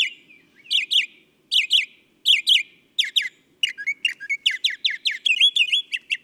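Northern mockingbird song with repeated paired chirps, then a rapid run of varied sharp notes and thin whistles accelerating toward the end.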